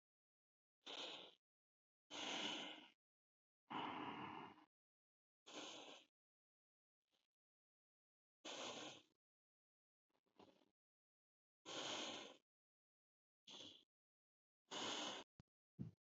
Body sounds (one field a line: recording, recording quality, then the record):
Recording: deep breathing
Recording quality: excellent, no background noise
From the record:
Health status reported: healthy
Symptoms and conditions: none ticked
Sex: male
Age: 52 years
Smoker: not ticked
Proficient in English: yes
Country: India